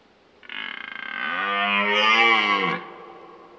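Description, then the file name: Red deer stag bellowing, starting with a rough pulsed grunt that builds into a long, strained harmonic roar, holding steady before cutting off sharply after about two seconds. Old stag roaring (burlen) during the rut. "Burlen 10 oud hert"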